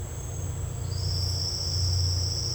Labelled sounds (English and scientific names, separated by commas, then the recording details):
none
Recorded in dense forest near Puerto Asís, Putumayo, Colombia, on 13 March 2025 at 10:30
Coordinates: 0.468, -76.322
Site GP01